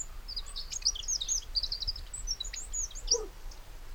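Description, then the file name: Eurasian wren song, a quick stream of piercing, high twittered notes running through the whole short stretch, with one lower chirp near the end. "Troglodytes troglodytes"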